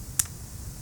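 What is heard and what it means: A folding stock adapter on a rifle is folded, and the spring detent in its lower hinge clicks at 0.2 s as it locks the stock in the folded position. The click is a single sharp, bright snap over quiet low background hum. The stock is seated and locked folded.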